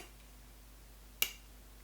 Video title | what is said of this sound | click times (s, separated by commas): WE APACHE MP5A2 GBB Rifle - Bringing It Home Ep. 18 | like that clicks into place and that enables us to dry fire the rifle so this is empty | 1.2 s